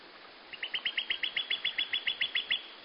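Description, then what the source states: Bird song: a rapid, even run of many bright double chirps, steady in pitch and loudness, over quiet background hiss. Singing at dawn.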